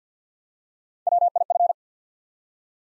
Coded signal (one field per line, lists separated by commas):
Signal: Morse code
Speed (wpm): 48 wpm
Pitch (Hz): 700 Hz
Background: none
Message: WIF